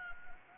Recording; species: mosquito wingbeat signal from an infrared sensor; Anopheles gambiae